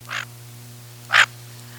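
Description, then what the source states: Harlequin Duck giving two short, harsh squeaky calls about a second apart, the second louder, over a steady low hum. Recorded 18 May 1988.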